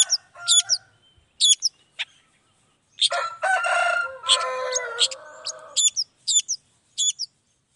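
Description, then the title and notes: Long-tailed shrike song: sharp high hooked notes alternating with a long, harsh, nasal passage full of harmonics, then more spaced high notes. Morning song, described as lively and varied with 'toet toet' phrasing, played to provoke other long-tailed shrikes into responding. "Langsung NYAUTTTTT ! Cendet Gacor Dor Di Kala Pagi Toet Toet Variasi Suara J. Cendet Gacor Langsung Nyaut Emosi Hanya dengan Sekali Putar Bikin Cendet Lainya Cepat Respon Bunyi. Burung cendet"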